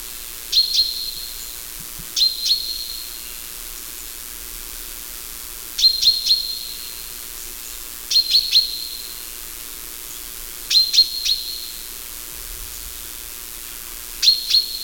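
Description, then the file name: Common chaffinch calls: sharp, high metallic notes in pairs or triplets, the bursts repeated every few seconds, each note leaving a faint ringing tail. "Fringilla coelebs"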